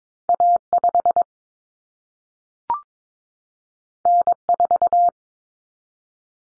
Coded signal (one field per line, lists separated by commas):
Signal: Morse code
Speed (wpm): 22 wpm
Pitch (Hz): 700 Hz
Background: none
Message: A5 N4